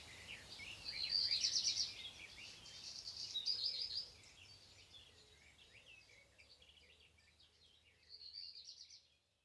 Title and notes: Zwarte roodstaart Phoenicurus ochruros Hausrotschwanz Rougequeue noir